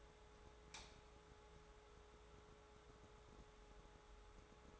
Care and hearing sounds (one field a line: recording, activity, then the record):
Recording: daily activity, microphone in the room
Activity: light on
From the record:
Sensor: 3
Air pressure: 1010.2 hPa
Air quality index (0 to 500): 168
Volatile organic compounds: 10 ppm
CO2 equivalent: 2202 ppm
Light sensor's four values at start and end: 49/121/53/59 and 52/130/57/62